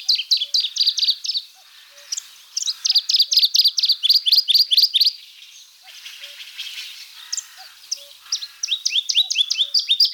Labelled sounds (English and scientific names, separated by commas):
Dusky Warbler (Phylloscopus fuscatus) song